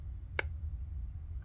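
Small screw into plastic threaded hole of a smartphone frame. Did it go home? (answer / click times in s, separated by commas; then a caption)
yes / 0.4 s. A small screw sitting in a plastic-bossed hole of an LG G8 ThinQ smartphone's inner frame is turned backwards (counter-clockwise), giving one sharp, bright click at 0.4 s over a steady low hum. The click means the screw has dropped into the existing thread and is seated, ready to be tightened.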